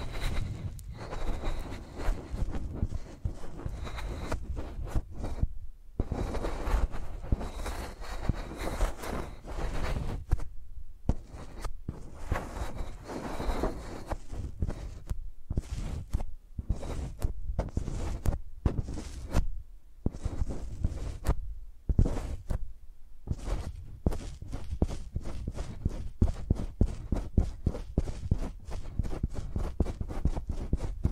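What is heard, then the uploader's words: Microphones are used like pencils, scratching and rubbing across a surface in dense, gritty strokes broken by brief silences. Low thumps run underneath, and in the last several seconds the strokes turn into quick, regular taps and short scrapes. Using Mics as Pencils (No Talking).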